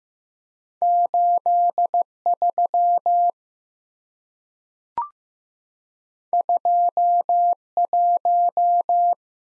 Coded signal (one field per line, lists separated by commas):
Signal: Morse code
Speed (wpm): 15 wpm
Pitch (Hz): 700 Hz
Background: none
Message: 83 21